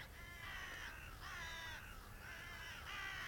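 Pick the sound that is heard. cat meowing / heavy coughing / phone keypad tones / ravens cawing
ravens cawing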